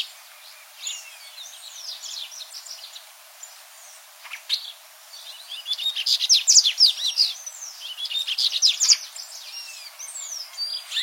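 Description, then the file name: Dubois's seedeater song: quiet scattered chirps at first, then two loud rapid phrases of high, sharp notes, each around a second long, followed by softer twitters. "Canto do Papa capim de costas cinzas"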